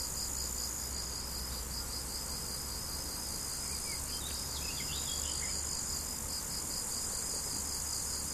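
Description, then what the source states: Cricket chirps pulse steadily over a hissing insect background and a low steady hum. Crickets, recorded 17 July 2012 with an MZ-N710 recorder.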